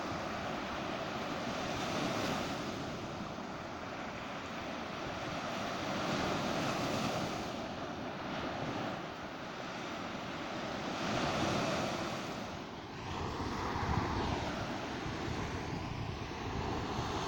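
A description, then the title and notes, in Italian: Rough sea at a beach, a dense, steady rush of surf with slow swells in loudness and a deep rumble underneath. Cagliari Poetto Spiaggia. Al mare in una giornata con mare mosso.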